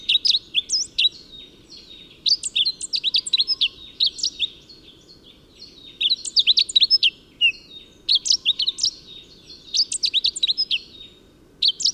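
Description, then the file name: Crimson-browed finch twittering with runs of short, high, sharp notes, grouped into bursts that recur steadily across the recording. "Rhododendrongimpel - Carpodacus subhimachalus"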